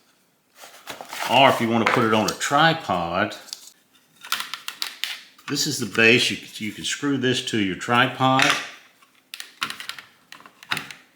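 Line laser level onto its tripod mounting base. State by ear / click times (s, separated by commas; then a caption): seated / 10.7 s. Someone talks while a small two-line laser level is fitted onto its plastic tripod-mount base, with a run of light plastic clicks and taps around 4.3–5.0 s and again around 9.3–9.9 s. A final sharp snap at 10.7 s is the level seating into place on the base.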